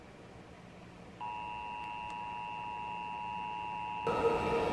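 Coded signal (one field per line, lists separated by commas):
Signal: Emergency Alert System (SAME) tones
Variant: 853 and 960 Hz attention tone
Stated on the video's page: Tornado warnings captured on multiple stations around Sacramento.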